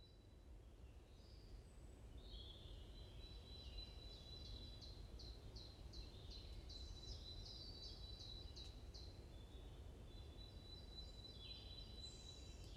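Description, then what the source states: Bird song of quick, sharply falling chirps repeated in a fast run through the middle, with softer whistles after and a low rumble beneath. Morning birds chirping in a forest at Watermaal-Bosvoorde, Brussels, Belgium; peaceful atmosphere; recorded with an AMBE VR microphone.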